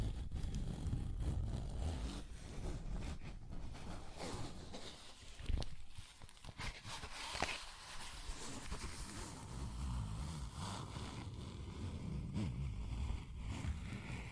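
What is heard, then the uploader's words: Scratching and tapping sounds come in a dense, continuous stream of rough strokes and sharp clicks, with quick bursts around five to seven seconds and again near twelve. A heavy low rumble runs underneath throughout, and the level stays fairly even. ASMR Tapping, Scratching & Zipper Sounds.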